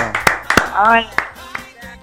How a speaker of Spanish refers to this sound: Muy bien, así que le vamos a dar un fuerte aplauso a la señorita